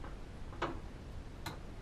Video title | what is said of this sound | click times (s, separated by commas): SCHWINN 270 RECUMBENT BIKE REVIEW & SETUP | so it clicked in. | 1.5 s